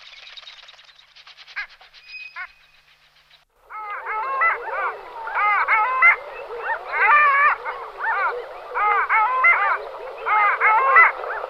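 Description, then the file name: Long-tailed ducks in chorus, wavering nasal yodels in overlapping bursts after some scattered short clicks and notes at the start. "Moryanka"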